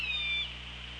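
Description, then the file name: Orca call, a brief flat tonal note with harmonics that fades out after half a second, leaving steady underwater hiss. Recorded on an OrcaLab hydrophone, 24 August 2017 at 15:51. "Orca Lab UTLN JASON 20170824 155132"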